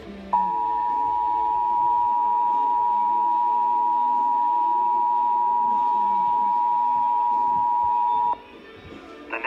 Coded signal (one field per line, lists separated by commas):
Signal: Emergency Alert System (SAME) tones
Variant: 853 and 960 Hz attention tone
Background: music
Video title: EAS #46 Flash Flood Warning